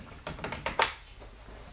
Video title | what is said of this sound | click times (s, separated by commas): How To Fix Black Screen on Laptop | and slide it back into place, and it locks into place. | 0.8 s